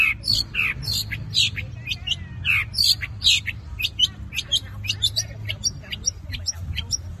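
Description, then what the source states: Long-tailed shrike song: a jumble of harsh squawks and sharp chirps, some notes sweeping down, delivered in quick irregular bursts over low background rumble. Combination song style (kombinasi).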